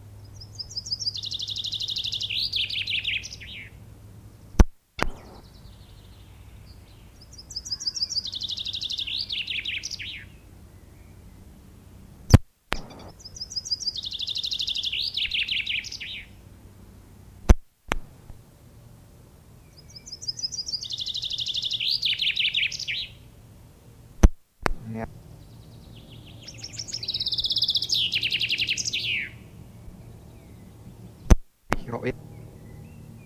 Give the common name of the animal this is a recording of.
Common Chaffinch